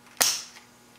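A plastic cover or clip is lined up and pressed onto an engine intake assembly, giving a single sharp snap at 0.2 s that rings off over the next few tenths of a second. A faint tick follows near 0.6 s, and another sharp onset starts right at the end of the clip. The cover is seated.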